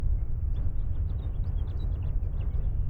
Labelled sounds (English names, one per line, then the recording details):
House Finch song
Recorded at Nassau on Long Island, New York, on 21 May 1975
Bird A